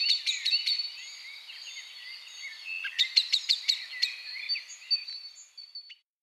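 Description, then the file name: Common blackbird calls: a few sharp clicks, then a fast burst of chinking notes around three seconds over continuous high warbling chatter that fades at the end. "Turdus merula"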